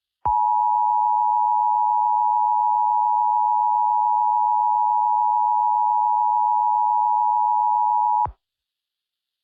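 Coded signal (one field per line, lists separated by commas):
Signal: Emergency Alert System (SAME) tones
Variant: 853 and 960 Hz attention tone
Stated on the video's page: Fictional EAS scenario; simulated alert.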